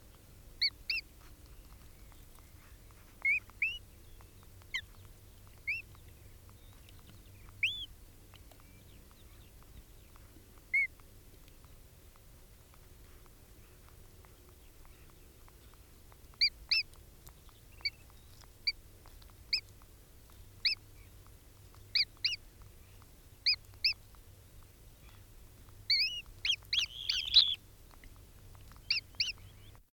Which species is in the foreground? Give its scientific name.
Vanellus vanellus